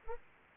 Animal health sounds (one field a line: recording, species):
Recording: mosquito wingbeat signal from an infrared sensor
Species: Anopheles arabiensis